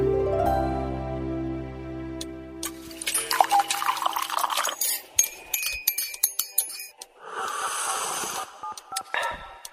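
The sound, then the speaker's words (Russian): Tea is poured in a steady trickling stream during a break in a live broadcast on People's Slavic Radio, followed by several light, bright clinks of cups and spoons, then another brief splash of liquid; no one speaks. “Попили чайку, передохнули и продолжаем разговор на Народном славянском радио.”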